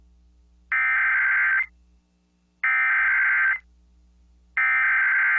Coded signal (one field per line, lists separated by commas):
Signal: Emergency Alert System (SAME) tones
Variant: header bursts